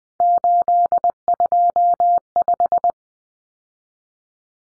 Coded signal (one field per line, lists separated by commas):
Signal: Morse code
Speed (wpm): 20 wpm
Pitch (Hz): 700 Hz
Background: none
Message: 825